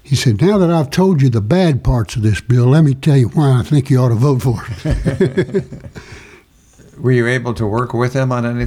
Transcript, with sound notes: He said, "Now that I've told you the bad parts of this bill, let me tell you why I think you ought to vote for it." (Laughing)
Were you able to work with him on anything?